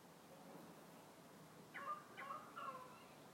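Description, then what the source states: Currawong calls: three short, ringing notes in quick succession near the end. Currawongs (more than one) recorded among trees.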